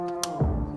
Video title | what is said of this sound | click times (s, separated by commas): How to quickly replace the color imaging kit: Xerox VersaLink C625 | until they snap in place or until they're flushed with this side right here once you're done with that | 0.2 s